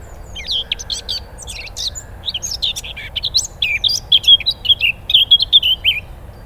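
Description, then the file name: Eurasian blackcap song: a continuous stream of quick, twittering warbles that builds into louder, clear flute-like whistles over the last few seconds. "Sylvia atricapilla"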